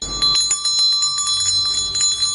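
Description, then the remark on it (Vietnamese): A bright, high-pitched old bell hung beneath a door rings repeatedly by itself without any wind, its clear metallic tones shimmering and sustaining with quick repeated strikes, loud and alone without any voices. “Tiếng chuông lanh lảnh khuấy động gian phòng.”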